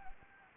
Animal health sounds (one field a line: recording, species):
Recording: mosquito wingbeat signal from an infrared sensor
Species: Anopheles gambiae